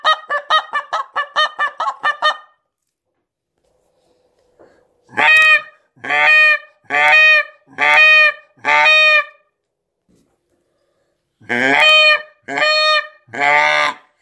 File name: канадская-казарка